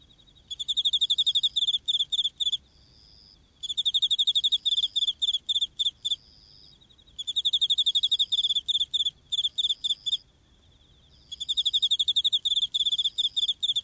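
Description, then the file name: Autumn insect song of fast, high pulsed chirps in four bursts of two to three seconds, each separated by quieter stretches with a soft steady tone. Heard in autumn. "akinomushi"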